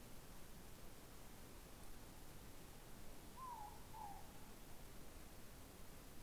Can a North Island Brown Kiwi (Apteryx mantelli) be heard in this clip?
no